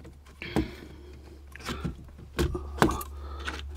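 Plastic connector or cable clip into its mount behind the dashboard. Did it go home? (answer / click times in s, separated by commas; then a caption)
yes / 2.8 s. While reassembling the heater radiator area of a Twingo 1, a plastic connector or cable clip is pushed into its mount behind the dashboard, with a few short knocks and rustles of handling around it. A sharp click at 2.8 s marks it locking in place, and it goes in no further, so it is seated.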